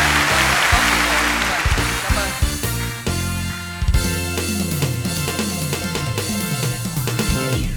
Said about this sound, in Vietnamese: Một lần nữa xin một tràng pháo tay thật lớn chúc cho ban giám khảo và thư ký Liên Hoan làm công tâm hiệu quả.